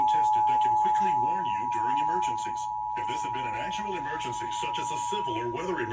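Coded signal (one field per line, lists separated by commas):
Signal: Emergency Alert System (SAME) tones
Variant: 853 and 960 Hz attention tone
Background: speech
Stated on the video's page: Fredericksburg monthly test relayed by broadcast stations.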